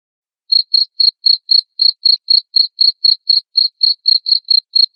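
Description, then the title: Cricket chirping starts after half a second of silence, then steady high chirps follow at about four per second. Loud cricket chirping played to make lovebirds sing continuously. "Suara JANGKRIK NGERIK Keras Bikin LOVEBIRD Jadi NGEKEK Terus Vubey"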